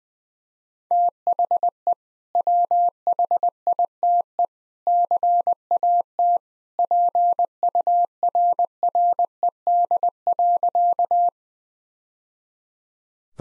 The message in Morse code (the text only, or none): THE WHITE CAT PURRED.